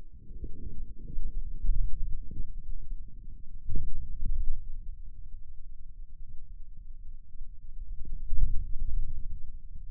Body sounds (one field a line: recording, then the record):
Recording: forearm muscle sounds (acoustic myography)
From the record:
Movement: wrist extension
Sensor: system 2, bracelet of six BSWA MPA416 microphones around the upper forearm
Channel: 1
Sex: male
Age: 22 years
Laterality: right